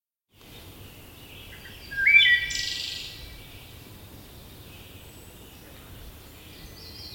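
Wood thrush song with one short fluty phrase that rises into a higher ringing flourish, then fades into quiet background hiss.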